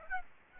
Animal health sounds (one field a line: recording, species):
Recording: mosquito wingbeat signal from an infrared sensor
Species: Aedes aegypti